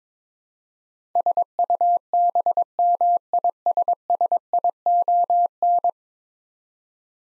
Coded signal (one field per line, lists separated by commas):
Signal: Morse code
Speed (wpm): 21 wpm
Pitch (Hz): 700 Hz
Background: none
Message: SUBMISSION